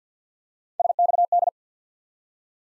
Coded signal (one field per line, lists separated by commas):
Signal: Morse code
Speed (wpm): 50 wpm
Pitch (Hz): 700 Hz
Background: none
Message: SXD